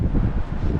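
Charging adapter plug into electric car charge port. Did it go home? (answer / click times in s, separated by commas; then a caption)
no / none. A Supercharger-to-CCS charging adapter plug made by A2Z is handled at the charge port of a Volvo XC40 Recharge electric car, with steady wind noise throughout. Nothing has seated or clicked yet; the clip ends just before the adapter goes home.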